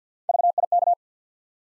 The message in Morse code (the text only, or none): VIK